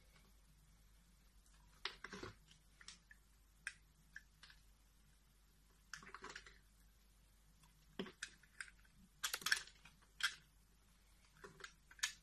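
Soap carving: irregular sharp scrapes and clicks in short clusters every second or so, over a faint steady low hum between them.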